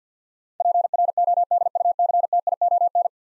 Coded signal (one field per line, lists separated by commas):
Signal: Morse code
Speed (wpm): 50 wpm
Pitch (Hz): 700 Hz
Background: none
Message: PRODUCTION